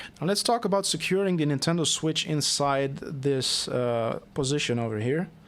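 Someone talks while handling a charging cable meant to be pressed into a slot in a DIY plastic 8BitDo Pro 2 controller mount that holds a Nintendo Switch. The cable has not yet snapped into the mount clip, and nothing has seated or clicked yet.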